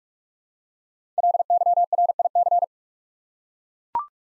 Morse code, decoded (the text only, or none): LYRIC